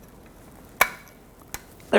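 A metal retaining clip is expanded and forced with a screwdriver into the groove of the front wheel hub on a 2011–2016 Ford F-350 during a hub bearing replacement. A sharp metallic hit lands at 0.8 s, a lighter tap follows at about 1.5 s, and another hit is starting right at the end. The clip is pushed in but not fully seated.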